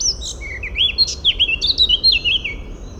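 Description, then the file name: Eurasian blackcap singing a brisk phrase of bright, looping whistled notes, rising and falling quickly about four times a second, over a faint low rumble. "Sylvia atricapilla"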